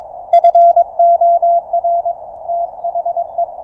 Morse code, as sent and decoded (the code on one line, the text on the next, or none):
..-. --- .-. / - .... .
FOR THE